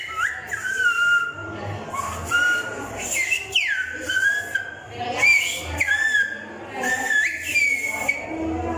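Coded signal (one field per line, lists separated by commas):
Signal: whistled language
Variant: Silbo Gomero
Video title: Silbar con dedo ajeno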